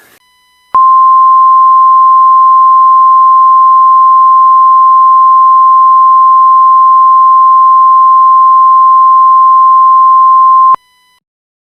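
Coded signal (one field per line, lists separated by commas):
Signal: Emergency Alert System (SAME) tones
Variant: 1050 Hz attention tone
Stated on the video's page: Recreated EAS scenario using valid SAME tones, with a Radioshack 12-996 siren involved; simulated, not aired.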